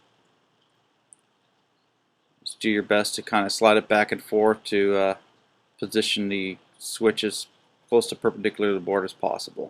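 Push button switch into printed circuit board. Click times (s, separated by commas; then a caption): 1.1 s. A tall through-hole push button switch with hooked legs is lined up with its holes and pushed into the printed circuit board of a temperature controller kit. One sharp, short click sounds at 1.1 s as the switch seats into the board, and someone then talks.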